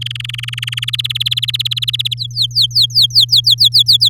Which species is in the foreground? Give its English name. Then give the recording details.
Domestic Canary. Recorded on 8 May 2018 at 08:05. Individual llb16